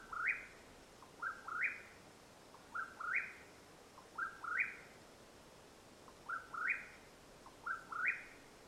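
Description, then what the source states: Mexican whip-poor-will calling a burry three-part whistled phrase, a soft note then two rising slurs, repeated six times over a quiet hiss. Calling at nightfall in Madera Canyon, Arizona, USA, 21 April 2022.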